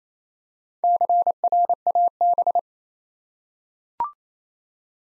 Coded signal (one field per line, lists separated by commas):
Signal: Morse code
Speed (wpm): 27 wpm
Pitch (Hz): 700 Hz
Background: none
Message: CRAB